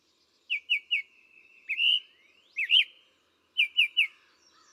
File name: Summer Tanager